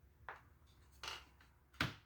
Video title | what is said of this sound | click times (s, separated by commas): Husqvarna 572xp Cylinder & Short Block Replacement, How to Remove A Husqvarna 572xp Flywheel. | There, snapped right in. | 1.8 s